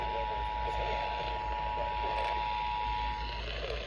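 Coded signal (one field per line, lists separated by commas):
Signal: Emergency Alert System (SAME) tones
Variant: 853 and 960 Hz attention tone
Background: speech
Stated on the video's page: Real Severe Thunderstorm Warning alert.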